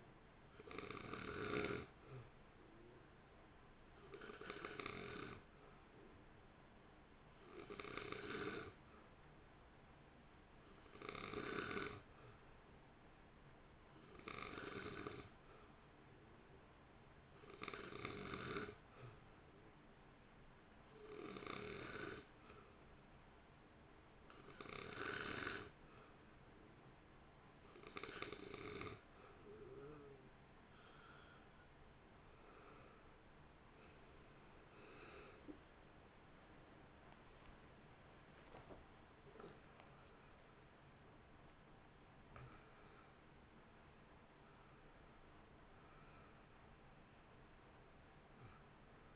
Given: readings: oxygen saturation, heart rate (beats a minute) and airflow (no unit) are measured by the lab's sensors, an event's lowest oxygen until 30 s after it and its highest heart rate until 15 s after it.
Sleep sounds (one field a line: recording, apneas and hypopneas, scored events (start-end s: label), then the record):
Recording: breathing in sleep by a voice recorder at the bedside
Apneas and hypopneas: none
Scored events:
28.00-49.16 s: new sleep stage, awake
35.00-49.16 s: awake
35.00-49.16 s: awake
From the record:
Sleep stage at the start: N2 (light sleep)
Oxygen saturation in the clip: 89 to 90%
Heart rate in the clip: 55 to 75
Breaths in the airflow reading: 14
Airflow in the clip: -2.5 to 3.3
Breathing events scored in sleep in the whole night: 328 in 6.3 hours asleep